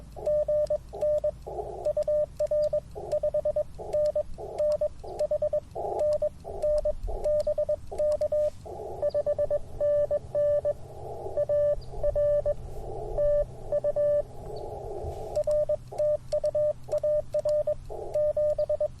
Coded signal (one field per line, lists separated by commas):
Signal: Morse code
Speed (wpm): 22 wpm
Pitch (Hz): 590 Hz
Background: radio noise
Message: GN UR 5NN HNN BK 5NN AR TU RTU AR 7